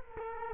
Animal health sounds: mosquito wingbeat signal from an infrared sensor; Culex quinquefasciatus

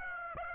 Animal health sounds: mosquito wingbeat signal from an infrared sensor; Aedes aegypti

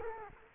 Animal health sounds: mosquito wingbeat signal from an infrared sensor; Culex quinquefasciatus

